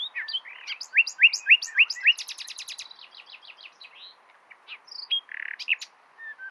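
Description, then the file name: Common nightingale song: rapid varied phrases, a run of repeated rising notes, then a dense buzzy rattling series, followed by scattered sharp whistles and a short harsh burst. "Luscinia megarhynchos"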